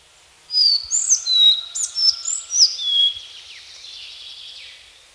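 Collared flycatcher singing one varied phrase of thin, high whistled notes and quick slurs lasting under three seconds, followed by faint background hiss.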